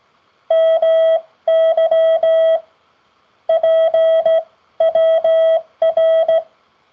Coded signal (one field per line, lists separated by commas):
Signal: Morse code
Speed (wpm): 16 wpm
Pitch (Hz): 650 Hz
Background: none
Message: MY PWR